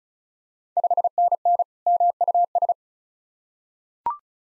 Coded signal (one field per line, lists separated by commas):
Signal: Morse code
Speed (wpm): 36 wpm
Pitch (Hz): 700 Hz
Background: none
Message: 5NN MUS